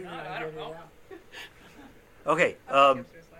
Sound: laughter